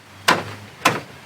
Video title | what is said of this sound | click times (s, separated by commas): DIY! Fixing WEAK BMW Bixenons! (eBay Projector Retrofit) | there's gonna be a snap right here | 0.3 s